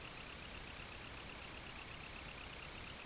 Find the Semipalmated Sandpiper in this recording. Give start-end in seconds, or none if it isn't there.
0.00-3.04